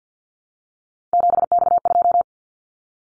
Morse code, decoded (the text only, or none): 7X2